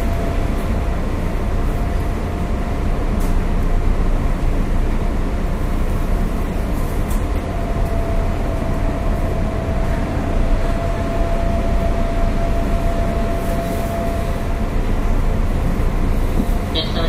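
Running noise from a JR 201 series train on the Osaka Loop Line: a steady, dense low rumble that barely changes in level throughout. A thin, even whine rises out of it from around eight seconds and holds until about fifteen, with faint scattered clicks above.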